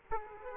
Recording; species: mosquito wingbeat signal from an infrared sensor; Aedes aegypti